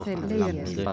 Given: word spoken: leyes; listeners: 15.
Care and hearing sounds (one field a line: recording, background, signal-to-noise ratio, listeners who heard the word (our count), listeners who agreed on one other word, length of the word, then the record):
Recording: one Spanish word in noise, from a listening test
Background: four-talker babble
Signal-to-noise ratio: 0.1 dB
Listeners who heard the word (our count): 0 of 15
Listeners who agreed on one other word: 10 of 15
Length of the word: 0.53 s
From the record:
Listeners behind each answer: 10, 1, 1, 1, 1, 1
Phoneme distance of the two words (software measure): 34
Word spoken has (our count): 2 syllables, 5 phonemes, stress on syllable 1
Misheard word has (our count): 2 syllables, 5 phonemes, stress on syllable 1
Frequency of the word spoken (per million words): 85.51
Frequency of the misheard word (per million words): 13.85